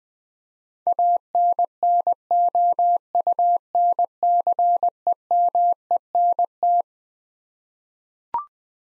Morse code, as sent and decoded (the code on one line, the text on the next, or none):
.- -. -. --- ..- -. -.-. . -- . -. -
ANNOUNCEMENT